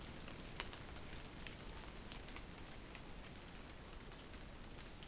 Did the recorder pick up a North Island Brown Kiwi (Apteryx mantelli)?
no